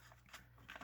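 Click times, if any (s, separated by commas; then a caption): none. A plastic craft circle edge-punch unit is handled and pressed down toward its guide/base, with faint rustling and a few brief small taps over a low steady hum. Nothing has seated or clicked yet.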